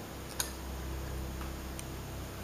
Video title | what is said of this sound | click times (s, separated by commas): Kanger Subtank Plus Black Edition Review | I don't know if you can hear a click, but there's a definite feeling of a click when you get to each individual setting. | 0.4 s, 1.8 s